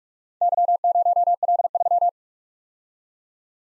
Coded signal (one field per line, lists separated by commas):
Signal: Morse code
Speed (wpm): 44 wpm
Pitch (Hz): 700 Hz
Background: none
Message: Y0L3